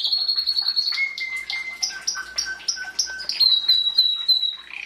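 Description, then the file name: Canary song: high trill, then clear steady whistled tones at several pitches mixed with short chirps, ending with a held piping note. "Canary Voice"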